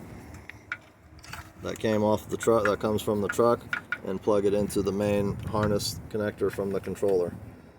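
The factory headlight pigtail that came off a 2006 F250 Super Duty is being handled to plug into the main harness connector of a Boslla multi-color LED bulb controller. Someone talks while there are brief handling sounds near 0.5 s and 0.7 s and around 1.2 to 1.3 s. The connector has not seated or clicked yet.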